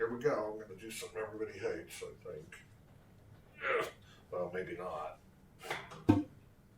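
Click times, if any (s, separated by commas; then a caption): 6.1 s. A brass tuning slide on a 1931 Elkhart Conn/Pan American 114K vintage sousaphone is pulled out during a compression demonstration. Someone talks, then the slide releases from its airtight seal with a sharp pop at 6.1 s, showing the horn holds compression.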